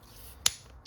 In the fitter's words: Locked into place.